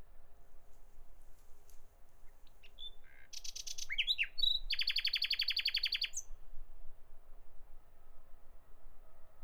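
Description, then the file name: Common nightingale song: soft opening notes, a few swooping chirps, then a long fast buzzing rattle of repeated notes ending in a brief high flourish. "Nachtigall"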